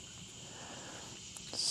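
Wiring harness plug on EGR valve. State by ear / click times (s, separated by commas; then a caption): seated / 1.4 s. A plastic wiring harness connector is pushed back onto the EGR valve of a Mercedes Sprinter van, over a steady high-pitched background hiss. A short, sharp click at 1.4 s marks the connector latching in, fully seated.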